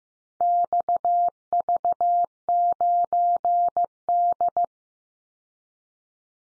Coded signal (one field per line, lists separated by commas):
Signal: Morse code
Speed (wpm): 15 wpm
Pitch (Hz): 700 Hz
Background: none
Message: XV9D